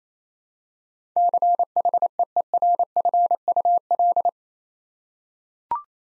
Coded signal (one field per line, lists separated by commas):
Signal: Morse code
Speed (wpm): 28 wpm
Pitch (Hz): 700 Hz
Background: none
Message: CHEERFUL